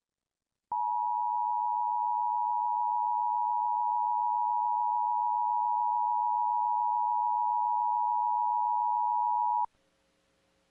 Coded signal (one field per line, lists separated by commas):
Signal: Emergency Alert System (SAME) tones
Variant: 853 and 960 Hz attention tone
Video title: Pennsylvania RMT for November and December 2023 [EAS #1,141-1,155]